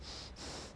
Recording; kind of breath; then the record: one breath in and out by a microphone near the nose and mouth; strong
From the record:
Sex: male